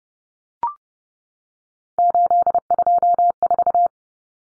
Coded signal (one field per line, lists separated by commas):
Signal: Morse code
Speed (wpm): 30 wpm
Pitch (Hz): 700 Hz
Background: none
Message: 824